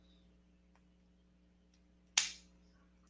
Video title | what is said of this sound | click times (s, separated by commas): Let's Build!!! -- LEGO® Darth Vader Helmet -- LIVE! | and it pops into place of course | 2.2 s